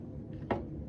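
A steel cylinder is slid onto the arbor pin of an 1860 Army cap-and-ball revolver held at half cock during a cylinder swap. After a quiet low background, a single sharp metallic pop sounds at 0.5 s as the cylinder pops on and seats.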